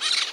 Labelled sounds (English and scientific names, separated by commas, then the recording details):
Brown-throated Parakeet (Eupsittula pertinax) contact call
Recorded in Margarita
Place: San Francisco, near stadium
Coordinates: 11.018, -64.294